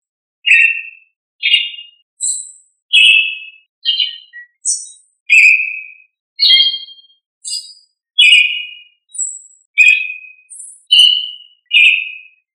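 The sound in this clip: Thrush song of short, clear whistled phrases, each slightly different in pitch, delivered about once a second with brief silent gaps between them.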